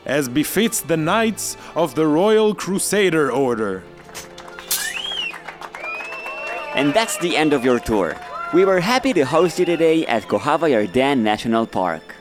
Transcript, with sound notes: As befits the knights of the royal Crusader order [applause, musical cue]
And that’s the end of your tour. We were happy to host you today at Kokhav HaYarden National Park.